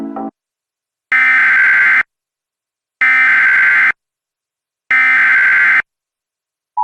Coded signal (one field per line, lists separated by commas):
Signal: Emergency Alert System (SAME) tones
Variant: header bursts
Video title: EAS Reenactment Mock: Dangerous Flooding in Baldwin County, AL - 09/16/2020